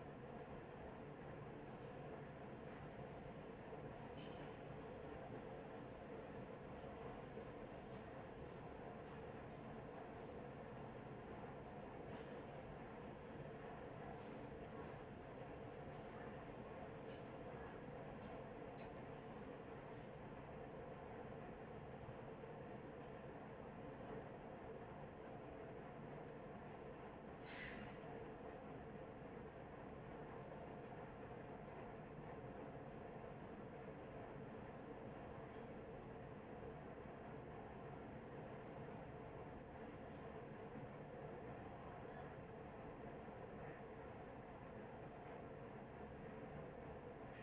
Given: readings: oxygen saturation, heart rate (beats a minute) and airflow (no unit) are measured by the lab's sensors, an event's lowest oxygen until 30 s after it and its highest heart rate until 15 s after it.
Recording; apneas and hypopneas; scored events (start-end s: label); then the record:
a person awake in a sleep study, by a smartphone at the bedside; none
0.00-47.43 s: awake
0.00-47.43 s: awake
From the record:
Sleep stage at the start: awake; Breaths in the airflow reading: 18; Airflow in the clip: -0.8 to 0.7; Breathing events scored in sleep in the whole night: 263 in 5.5 hours asleep